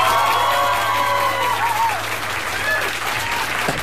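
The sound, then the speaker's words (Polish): An audience applauds steadily after a song, a dense wash of many hands clapping that stays loud and even throughout, with a few faint tonal voices or whistles rising above it. “Dziękuję, brawo.”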